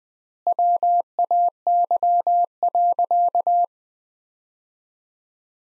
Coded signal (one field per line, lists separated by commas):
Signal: Morse code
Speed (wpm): 20 wpm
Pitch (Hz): 700 Hz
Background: none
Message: WAY.